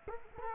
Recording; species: mosquito wingbeat signal from an infrared sensor; Culex quinquefasciatus